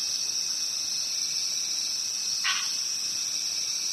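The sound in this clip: High, unbroken cricket trill with one brief lower chirp past the midpoint.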